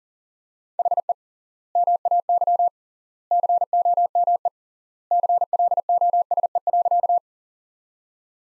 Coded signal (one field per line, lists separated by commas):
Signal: Morse code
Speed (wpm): 37 wpm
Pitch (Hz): 700 Hz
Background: none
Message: HE MAY COME CLOSE.